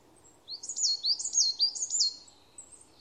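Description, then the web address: Bird chirps: a quick series of high, slurred notes, then quiet. "cianscape birddata Deverinetal 2025"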